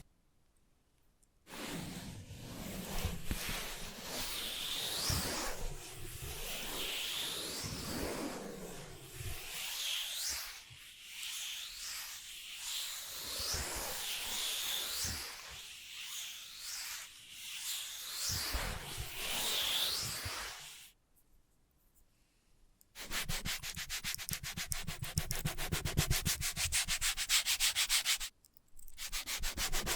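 Invisible tapping, scratching and tracing: dense, hissy rubbing and scraping strokes run from about two seconds to twenty, swelling and easing in waves. After a short pause, a faster, evenly repeating scratch pattern returns near twenty-three seconds and stops abruptly before the end.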